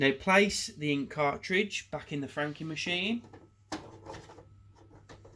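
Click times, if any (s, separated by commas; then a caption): none. Someone talks while placing an ink cartridge back into a Neopost / Quadient IN300 franking machine, and after the talk, short handling knocks and rubs are heard from about 3.7 s on as the cartridge is moved toward position. Nothing has seated or clicked yet; the cartridge is still being handled and is not home.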